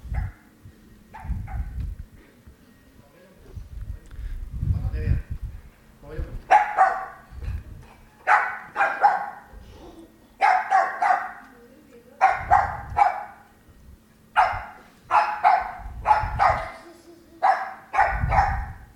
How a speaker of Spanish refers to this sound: Bueno, perro que era reactivo a la aspiradora.